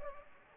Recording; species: mosquito wingbeat signal from an infrared sensor; Anopheles arabiensis